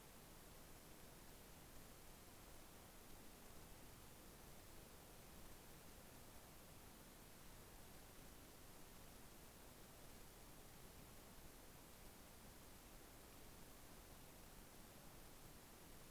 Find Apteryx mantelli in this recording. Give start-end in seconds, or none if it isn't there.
none